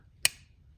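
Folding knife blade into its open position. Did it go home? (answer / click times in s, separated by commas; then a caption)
yes / 0.2 s. A folding knife blade is snapped to full open, producing a single sharp, bright click at 0.3 seconds that rings briefly in the high frequencies before fading into low background hum. The blade seats fully in its open position.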